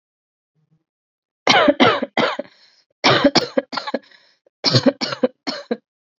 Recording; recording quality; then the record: shallow voluntary cough; excellent, no background noise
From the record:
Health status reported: exposed to COVID-19, no respiratory illness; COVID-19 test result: not tested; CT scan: not taken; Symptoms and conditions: sore throat, fatigue, muscle pain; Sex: female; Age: 32 years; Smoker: no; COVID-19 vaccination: both doses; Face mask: worn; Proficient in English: yes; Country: India